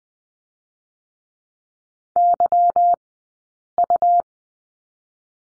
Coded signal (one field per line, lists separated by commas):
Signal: Morse code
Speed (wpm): 20 wpm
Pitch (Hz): 700 Hz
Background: none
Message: YU